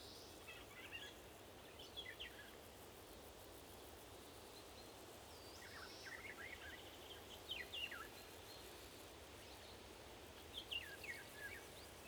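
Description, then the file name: Eurasian golden oriole giving brief, sharp downward notes at irregular intervals, some paired, over a constant background hiss. More than one oriole, calling to one another. "golden orioles talk"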